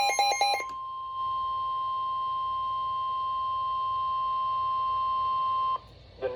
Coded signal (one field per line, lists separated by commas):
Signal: Emergency Alert System (SAME) tones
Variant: 1050 Hz attention tone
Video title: NOAA Weather Radio - Severe Thunderstorm Warning [EAS #191] (6/2/22)